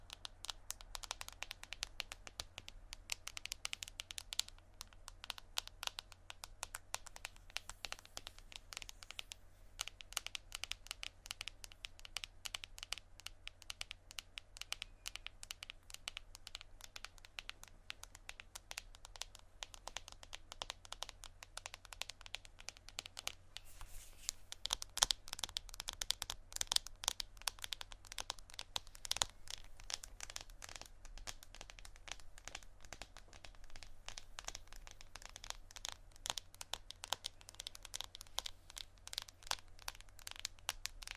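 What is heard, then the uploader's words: Tapping on random objects goes on without a break, a dense stream of quick, sharp clicks and taps with a bright, crinkly edge. The rhythm stays busy and irregular throughout, picking up slightly around 25 seconds, over a steady low hum. ASMR Tapping On Random Objects.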